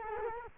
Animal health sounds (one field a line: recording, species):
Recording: mosquito wingbeat signal from an infrared sensor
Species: Culex quinquefasciatus